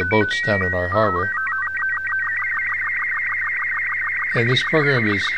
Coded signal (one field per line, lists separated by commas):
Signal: SSTV (slow-scan television)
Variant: Robot 36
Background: speech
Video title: 00 SSTV Intro Demo showing Image Transmission